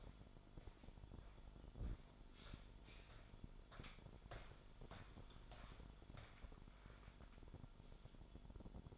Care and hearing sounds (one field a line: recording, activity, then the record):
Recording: daily activity, microphone in the room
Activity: walk to room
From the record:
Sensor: 5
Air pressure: 1008.3 hPa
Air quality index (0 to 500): 124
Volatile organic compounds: 1 ppm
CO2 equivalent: 950 ppm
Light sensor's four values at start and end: 35/82/33/32 and 34/78/31/31